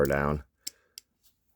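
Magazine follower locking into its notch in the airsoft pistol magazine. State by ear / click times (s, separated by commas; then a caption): seated / 0.7 s, 1.0 s. Someone talks briefly, then the spring follower of a Walther PPS M2 airsoft pistol magazine from Umarex is pulled down until it catches in a little notch. Sharp clicks sound at 0.7 s and 1.0 s, followed by a fainter tick, as the follower locks in place.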